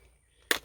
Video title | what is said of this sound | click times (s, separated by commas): Helmet, Nightvision & Thermal setup. Ops Core~Elbit PVS14~Iray MH25 | when you fold them both down they will click in | 0.5 s